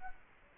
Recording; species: mosquito wingbeat signal from an infrared sensor; Culex quinquefasciatus